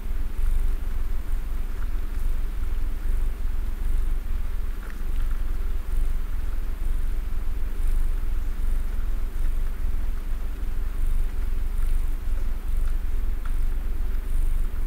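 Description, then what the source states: Cat purring loudly in a strong, steady low rumble with regular faint ticks above. Real purring from a cat while snuggling, ASMR.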